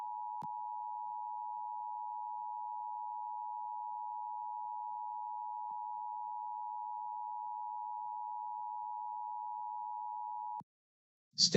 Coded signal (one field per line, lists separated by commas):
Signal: Emergency Alert System (SAME) tones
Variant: 853 and 960 Hz attention tone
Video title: LIVE AM/MW DX: DX Central Live - S. 3, Ep. 14 | Friday, January 6, 2023